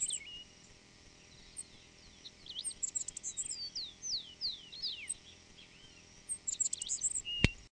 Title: LuckyPassaro Completos2Sama. Black-masked Finch (Coryphaspiza melanotis)